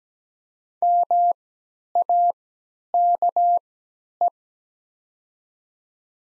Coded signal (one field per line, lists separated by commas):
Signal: Morse code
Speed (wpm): 17 wpm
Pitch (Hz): 700 Hz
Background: none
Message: MAKE